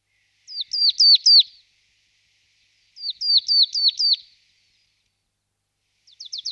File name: Sykora babka Parus palustris